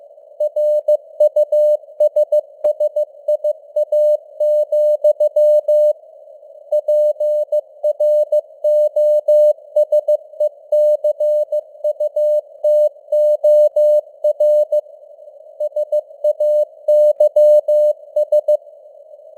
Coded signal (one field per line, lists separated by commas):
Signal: Morse code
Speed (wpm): 15 wpm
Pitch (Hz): 600 Hz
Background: none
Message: RUSSIA, PROSECUTOR SAYS